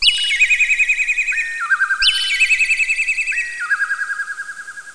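Bird call: a sharp downward sweep into a fast high warbling trill that steps lower and slows, the phrase repeated twice, about every two seconds.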